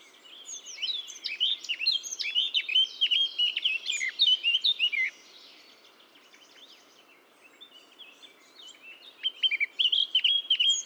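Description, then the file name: Eurasian blackcap song, a long bubbling warble of quick varied notes, a quiet gap, then another warbled phrase starting at the end. "Sylvia atricapilla"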